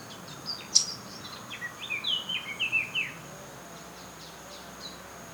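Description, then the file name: Eurasian blackcap song: one sharp high note, then a brief scratchy warble of rapid notes, with faint hiss behind. "Sylvia atricapilla"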